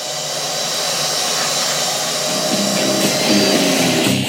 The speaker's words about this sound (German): saugt sehr gründlich mit dem Staubsauger die Krümel einer Bio-Reiswaffel direkt vor unseren Füßen auf.